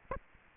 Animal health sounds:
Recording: mosquito wingbeat signal from an infrared sensor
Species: Aedes aegypti

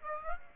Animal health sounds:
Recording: mosquito wingbeat signal from an infrared sensor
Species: Aedes aegypti

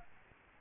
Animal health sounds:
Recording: mosquito wingbeat signal from an infrared sensor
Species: Aedes albopictus

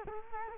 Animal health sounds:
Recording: mosquito wingbeat signal from an infrared sensor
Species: Culex quinquefasciatus

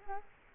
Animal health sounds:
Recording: mosquito wingbeat signal from an infrared sensor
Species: Culex quinquefasciatus

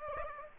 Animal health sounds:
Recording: mosquito wingbeat signal from an infrared sensor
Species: Aedes aegypti

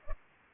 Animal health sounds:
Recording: mosquito wingbeat signal from an infrared sensor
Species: Culex pipiens

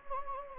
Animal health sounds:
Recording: mosquito wingbeat signal from an infrared sensor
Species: Anopheles gambiae

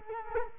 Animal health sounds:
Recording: mosquito wingbeat signal from an infrared sensor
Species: Culex quinquefasciatus

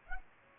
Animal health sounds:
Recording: mosquito wingbeat signal from an infrared sensor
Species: Culex pipiens

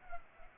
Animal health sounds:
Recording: mosquito wingbeat signal from an infrared sensor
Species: Culex pipiens

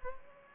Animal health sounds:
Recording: mosquito wingbeat signal from an infrared sensor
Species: Culex pipiens

